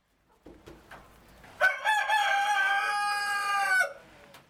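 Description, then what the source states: Chicken: a rooster gives one long, harsh crow that holds steady for about two seconds before dropping off at the end. Farm about 40 miles west of Boston at the edge of suburbia, saving endangered farm animals from extinction.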